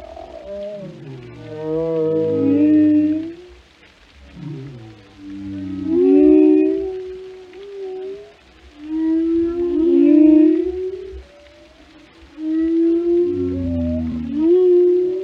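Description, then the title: Whale calls of wavering harmonic moans and gliding groans, some falling and some rising, in several drawn-out phrases with short quiet gaps between them. "Journey to the Depths: Discovering the World of Whales"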